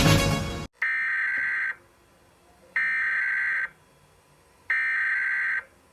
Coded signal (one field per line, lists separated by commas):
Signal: Emergency Alert System (SAME) tones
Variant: header bursts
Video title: EAS scenario:￼ it lurks in the darkness